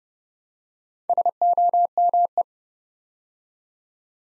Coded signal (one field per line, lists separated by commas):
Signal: Morse code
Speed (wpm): 28 wpm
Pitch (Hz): 700 Hz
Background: none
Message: SOME